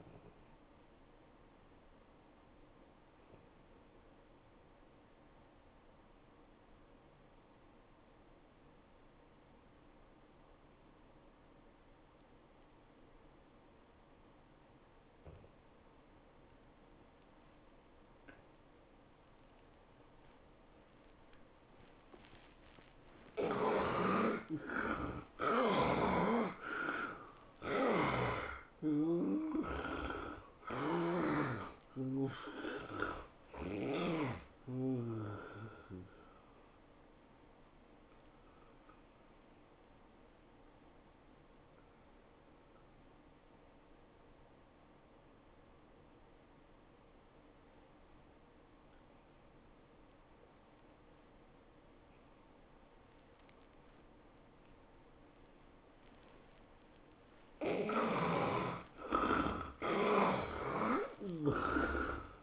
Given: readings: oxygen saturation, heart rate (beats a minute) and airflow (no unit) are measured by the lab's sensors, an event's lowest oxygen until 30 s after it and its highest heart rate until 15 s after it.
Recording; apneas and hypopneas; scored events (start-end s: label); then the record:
breathing in sleep by a voice recorder at the bedside; 2
3.00-24.60 s: obstructive apnea (N1, oxygen 97% highest, then 76% lowest, heart rate 100 at the start, 108 highest)
41.00-57.00 s: obstructive apnea (N1, oxygen 96% highest, then 71% lowest, heart rate 101 at the start, 111 highest)
45.00-62.43 s: new sleep stage, N2 (light sleep)
From the record:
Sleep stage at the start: N1 (lightest sleep); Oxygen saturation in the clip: 76 to 97%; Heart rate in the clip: 85 to 108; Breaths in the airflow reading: 8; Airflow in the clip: -11.7 to 12.5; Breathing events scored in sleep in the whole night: 403 in 5.5 hours asleep